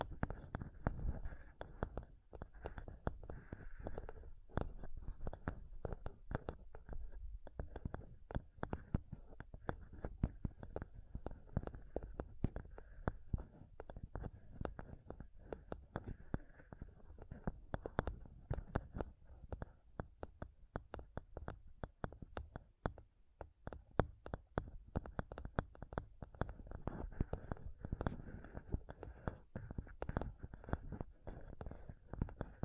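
Close-up microphone scratching and touching fills the whole stretch with dense, irregular rubs and taps. The scraping stays low and heavy, crowded with sharp clicks and brief bursts that come rapidly without a steady rhythm, plus a faint band of brighter grit above.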